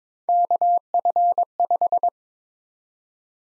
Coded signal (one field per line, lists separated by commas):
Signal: Morse code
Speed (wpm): 22 wpm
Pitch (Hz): 700 Hz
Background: none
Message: KF5